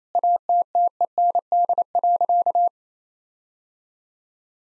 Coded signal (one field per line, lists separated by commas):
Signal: Morse code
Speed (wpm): 28 wpm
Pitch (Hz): 700 Hz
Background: none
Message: ATTEND.